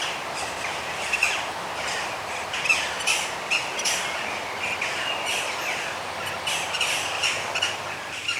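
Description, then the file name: Birds singing: many short high chirps and tweets above a steady hiss of background noise. "Sleepy Bird Sounds - ASMR Birds Singing"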